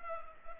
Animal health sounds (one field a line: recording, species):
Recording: mosquito wingbeat signal from an infrared sensor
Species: Culex pipiens